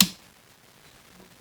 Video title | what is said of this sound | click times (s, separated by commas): Borka Torque Driver Product Overview | reset it now we're gonna go on the opposite side same thing and pops | 0.0 s